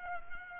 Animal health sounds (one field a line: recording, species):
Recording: mosquito wingbeat signal from an infrared sensor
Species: Culex pipiens